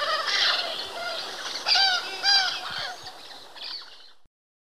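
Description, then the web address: Red-billed Parrot calls, a few ringing, arched squawks with overlapping chatter behind, louder bursts near two seconds, cutting off abruptly before the end. Recorded in Ecuador. "Birds of Ecuador. Red-billed Parrot"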